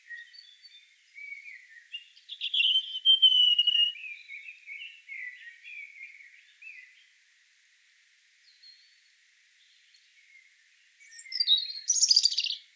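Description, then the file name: European robin song: a wavering, descending run of clear whistled notes and warbles, a quiet pause, then a sudden burst of high, scratchy trills. "Erithacus rubecula"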